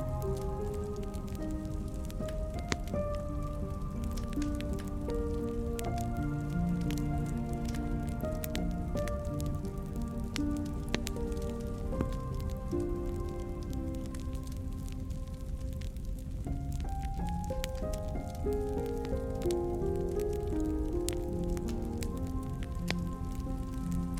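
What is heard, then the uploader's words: A fire crackles and pops steadily under soft music, its sharp snaps scattered densely across the whole clip. The melody moves in slow, sustained notes through the low and middle range, with a warm, constant low rumble beneath and an even level throughout. The sound of fire with music.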